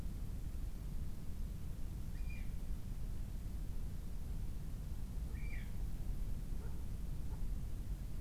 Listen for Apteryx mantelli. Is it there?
no